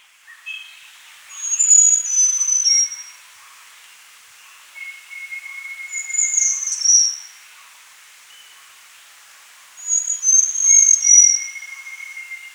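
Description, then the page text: Small niltava song: high, thin whistled phrases of a few sliding notes, repeated about every four seconds, with fainter lower whistled notes. "Small Niltava Song Sound Effect. Quick Sounds"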